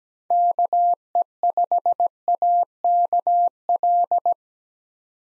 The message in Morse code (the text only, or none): KE5AKL